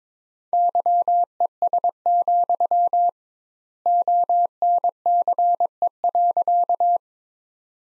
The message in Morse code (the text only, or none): YES, ONCE.